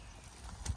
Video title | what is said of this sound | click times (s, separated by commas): Autotrail Commanche Handover Video | and the black cap will pop off. | 0.7 s